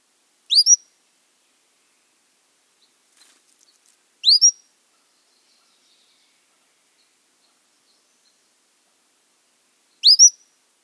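Cordilleran Flycatcher call: a sharp, high, rising double-noted whistle given three times, several seconds apart, with quiet pauses between.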